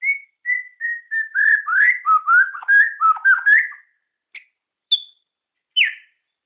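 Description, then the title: White-rumped shama singing a run of short whistles that slide into fast, jumbled, varied notes. After a pause come three isolated sharp, high notes spaced under a second apart. Songbird from Borneo. "MURAI BORNEO MAS KIKI"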